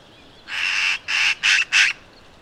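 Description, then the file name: Eurasian magpie giving a harsh, grating chatter of four bursts, the first longest, the rest short and quick. "Pica pica"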